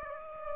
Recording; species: mosquito wingbeat signal from an infrared sensor; Aedes aegypti